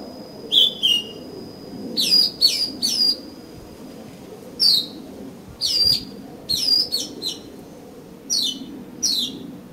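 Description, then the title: Oriental magpie-robin song: clear whistled notes with sharp descending slurs, given in short bursts with pauses of about a second between phrases. "Kacer Kacer"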